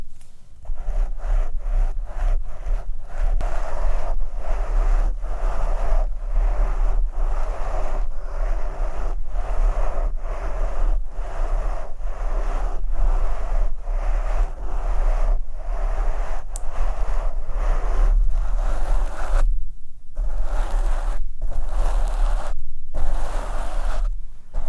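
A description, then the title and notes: Steady brushing and combing through hair, a dense rustling hiss made of quick repeated strokes with brief gaps about twice a second. A low rumble sits underneath throughout, and near the end the strokes turn slower and more spaced out. Hair Play, Brushing, Scratching, Combing.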